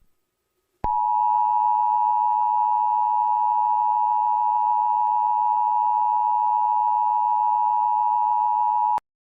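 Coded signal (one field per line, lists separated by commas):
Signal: Emergency Alert System (SAME) tones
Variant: 853 and 960 Hz attention tone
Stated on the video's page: Fictional EAS scenario about a radioactive outbreak; simulated alert, not a real broadcast.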